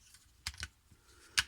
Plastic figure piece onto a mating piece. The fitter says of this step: and in like that, and it will just kind of click into place in there.